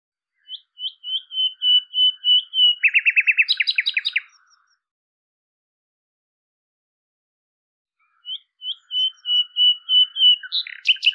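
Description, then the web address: Bird song of whistled notes that speed up into a fast, dense trill, then a silent pause and the song starting again. "cianscape birddata Deverinetal 2025"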